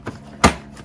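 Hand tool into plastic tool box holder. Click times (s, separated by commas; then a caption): 0.4 s. A hand tool from a kit is pressed into its molded slot in a plastic tool box, seating with a short, sharp snap at 0.4 seconds that is clearly louder than the quiet surroundings, after a softer knock near 0.1 seconds. The tool pops right in and stays held in the holder.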